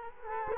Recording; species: mosquito wingbeat signal from an infrared sensor; Culex quinquefasciatus